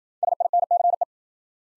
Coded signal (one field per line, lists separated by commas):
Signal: Morse code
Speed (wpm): 51 wpm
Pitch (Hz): 700 Hz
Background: none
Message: SINCE